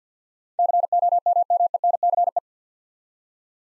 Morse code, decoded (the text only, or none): COMMENCE